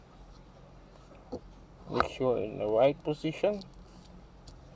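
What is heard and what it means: A new shift knob is placed onto the gear selector lever of a 2006 BMW 3 Series E90 and lined up in the right position before being pushed home, while someone talks. The knob has not clicked or seated yet.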